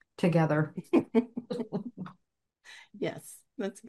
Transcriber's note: laughs